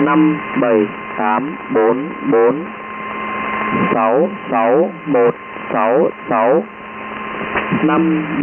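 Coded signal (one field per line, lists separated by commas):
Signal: numbers station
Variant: V30, Vietnamese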